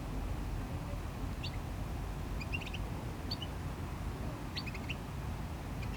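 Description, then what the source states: Small bird giving a few clusters of quick high chirps, with a steady rumbling background of waves and cars. Small bird in a bush at GC-200, Agaete, Las Palmas, Spain; distant cars and waves; recorded with DPA-2006c AB pair into SD MixPre-3.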